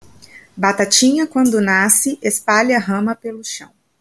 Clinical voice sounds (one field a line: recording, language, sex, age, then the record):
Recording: short text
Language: Brazilian Portuguese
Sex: female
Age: 30 to 39 years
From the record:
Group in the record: control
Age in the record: 30 years